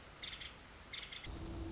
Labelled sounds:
Nuttall's Woodpecker (Dryobates nuttallii)
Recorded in Sonoma County, California

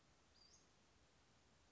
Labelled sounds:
Western Flycatcher (Empidonax difficilis)
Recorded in Sonoma County, California

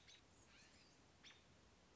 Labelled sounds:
American Robin (Turdus migratorius)
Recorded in Sonoma County, California

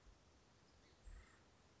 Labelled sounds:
Acorn Woodpecker (Melanerpes formicivorus)
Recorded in Sonoma County, California

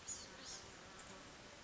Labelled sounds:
Blue-gray Gnatcatcher (Polioptila caerulea)
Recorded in Sonoma County, California

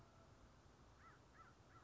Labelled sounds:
American Crow (Corvus brachyrhynchos)
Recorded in Sonoma County, California

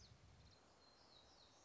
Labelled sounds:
Black-throated Gray Warbler (Setophaga nigrescens)
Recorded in Sonoma County, California

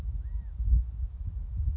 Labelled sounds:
California Quail (Callipepla californica)
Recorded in Sonoma County, California

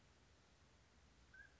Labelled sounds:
Mountain Quail (Oreortyx pictus)
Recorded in Sonoma County, California

